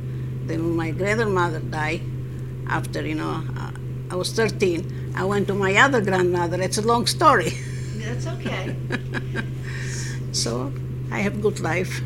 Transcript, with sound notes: Then when my grandmother die after, you know, I was thirteen, I went to my other grandmother. It's a long story. (she laughs)
That's okay.
So, I have good life.